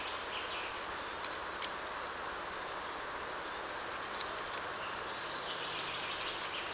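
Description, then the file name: European robin with several brief, piercing high notes in pairs and small clusters, separated by pauses, against a continuous rushing noise background. "Erithacus rubecula"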